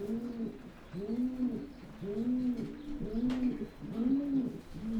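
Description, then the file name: Pigeon with a steady string of soft, hollow coos, close together at about one per second, with light background hiss and a single click. "holub"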